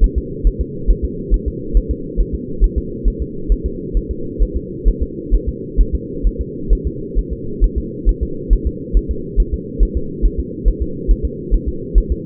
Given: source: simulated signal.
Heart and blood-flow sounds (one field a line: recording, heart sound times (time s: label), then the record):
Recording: fetal heart sounds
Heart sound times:
0.04 s: S1
0.18 s: S2
0.47 s: S1
0.61 s: S2
0.91 s: S1
1.05 s: S2
1.34 s: S1
1.48 s: S2
1.77 s: S1
1.91 s: S2
2.21 s: S1
2.35 s: S2
2.64 s: S1
2.78 s: S2
3.08 s: S1
3.22 s: S2
3.52 s: S1
3.66 s: S2
3.97 s: S1
4.11 s: S2
4.42 s: S1
4.57 s: S2
4.88 s: S1
5.03 s: S2
5.34 s: S1
5.49 s: S2
5.81 s: S1
5.95 s: S2
6.27 s: S1
6.41 s: S2
6.73 s: S1
6.87 s: S2
7.18 s: S1
7.33 s: S2
7.64 s: S1
7.78 s: S2
8.09 s: S1
8.23 s: S2
8.53 s: S1
8.67 s: S2
8.97 s: S1
9.11 s: S2
9.40 s: S1
9.54 s: S2
9.83 s: S1
9.97 s: S2
10.25 s: S1
10.39 s: S2
10.68 s: S1
10.82 s: S2
11.11 s: S1
11.25 s: S2
11.54 s: S1
11.68 s: S2
11.98 s: S1
12.12 s: S2
From the record:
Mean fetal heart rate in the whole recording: 135 bpm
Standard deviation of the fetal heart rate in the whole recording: 3 bpm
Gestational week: 36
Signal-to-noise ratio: -4.3 dB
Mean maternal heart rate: 72 bpm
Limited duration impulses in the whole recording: absent